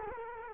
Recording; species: mosquito wingbeat signal from an infrared sensor; Culex quinquefasciatus